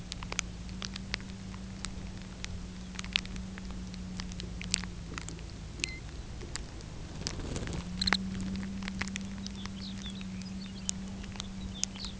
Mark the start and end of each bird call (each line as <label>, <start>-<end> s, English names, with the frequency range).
Lapland Longspur (1.8-4.8 kHz), 5.70-6.06 s
Lapland Longspur (1.2-5.2 kHz), 7.83-8.23 s
Lapland Longspur (1.7-6.6 kHz), 9.30-12.18 s